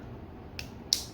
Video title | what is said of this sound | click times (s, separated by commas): Edoggz Reviews: Transformers Siege WFC Leader Astrotrain | it's going to click into place | 0.9 s